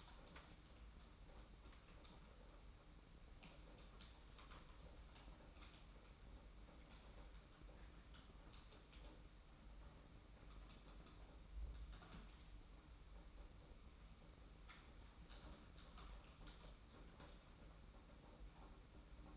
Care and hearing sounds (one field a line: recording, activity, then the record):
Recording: daily activity, microphone in the room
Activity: typing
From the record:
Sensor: 1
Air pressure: 991.7 hPa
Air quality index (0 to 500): 173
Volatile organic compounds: 1000 ppm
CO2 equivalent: 6550 ppm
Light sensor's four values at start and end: 29/100/38/39 and 29/100/38/39